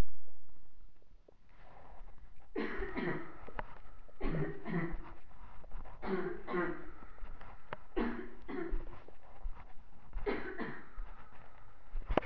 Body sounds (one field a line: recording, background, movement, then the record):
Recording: deep breathing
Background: a bystander coughing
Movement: walking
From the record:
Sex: male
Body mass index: 20.6 kg/m2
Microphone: on the chest, facing the body